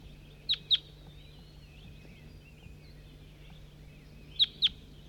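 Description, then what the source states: Crossbill calls: two pairs of sharp, high chip notes, the second pair about four seconds after the first, over a steady low hum. Calls of bird 4-3.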